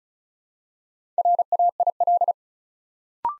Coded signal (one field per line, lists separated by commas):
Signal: Morse code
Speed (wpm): 36 wpm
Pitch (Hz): 700 Hz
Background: none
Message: RAIL